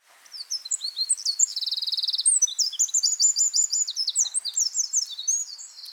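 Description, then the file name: Eurasian wren pouring out a loud, very high, rapid song of sharp notes and fast buzzy trills, running without pause for several seconds. "Troglodytes troglodytes"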